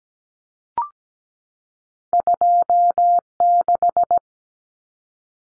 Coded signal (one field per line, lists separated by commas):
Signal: Morse code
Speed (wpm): 17 wpm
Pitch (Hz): 700 Hz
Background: none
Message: 26